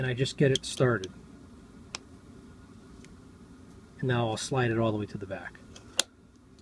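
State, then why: Seated. Someone talks while a rifle cartridge is slid all the way to the back of a metal M1 Garand en bloc clip. It snaps under the clip lips with a sharp click at 6.0 s, and the cartridge is seated.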